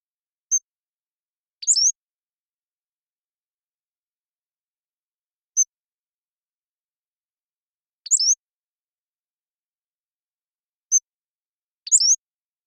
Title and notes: Pacific-Slope Flycatcher, Empidonax difficilis A long song sequence captured with a parabolic